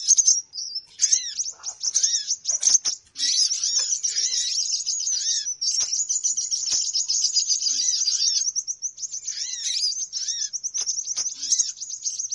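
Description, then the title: Birds in a dense, high-pitched chorus, rapid twittering notes overlapping almost continuously, with short arched calls breaking through. Lure call to attract birds; many noisy birds said to gather quickly. "Baru Diputar Dah Banyak Merapat! Suara Pikat Burung Ribut"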